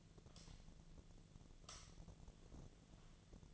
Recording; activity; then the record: daily activity, microphone in the room; light on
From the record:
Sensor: 4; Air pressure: 1010.6 hPa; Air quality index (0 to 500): 173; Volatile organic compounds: 5 ppm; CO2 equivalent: 1757 ppm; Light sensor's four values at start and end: 37/107/42/43 and 37/108/43/43